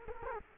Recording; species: mosquito wingbeat signal from an infrared sensor; Culex quinquefasciatus